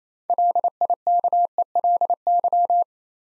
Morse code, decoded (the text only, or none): LIKELY